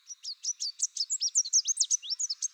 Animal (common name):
Chestnut-capped Warbler